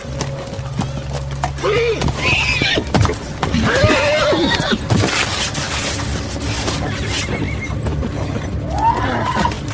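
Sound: horse neighing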